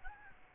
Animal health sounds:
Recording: mosquito wingbeat signal from an infrared sensor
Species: Aedes albopictus

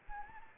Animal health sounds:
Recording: mosquito wingbeat signal from an infrared sensor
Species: Anopheles gambiae

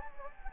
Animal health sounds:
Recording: mosquito wingbeat signal from an infrared sensor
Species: Anopheles gambiae

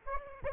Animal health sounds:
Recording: mosquito wingbeat signal from an infrared sensor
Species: Aedes aegypti

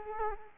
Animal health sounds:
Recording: mosquito wingbeat signal from an infrared sensor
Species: Culex quinquefasciatus

